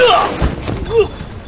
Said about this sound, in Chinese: 快走！日本人听到枪声，马上会找过来的。